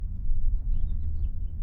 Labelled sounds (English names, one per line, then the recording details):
House Finch song
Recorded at Neponsit on Long Island, New York, on 4 June 1975
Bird A